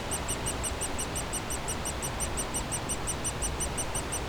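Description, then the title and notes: Woodpecker chicks giving rhythmic high chirps over soft low noise. Nestlings in a cavity at the foot of a dead tree trunk, squawking continuously as planes fly overhead; Bois Saint-Martin near Lognes aerodrome, Noisy-le-Grand, France; recorded with a DR-40X. "Bois Saint-Martin RH9V+J6 Noisy-le-Grand, France - Oisillons et gros "volatiles" bruyants. Au pied d'un tronc d'arbre mort, les oisillons d'un pic dans leur cavité piaillent continuellement alors que des avions survolent la zone"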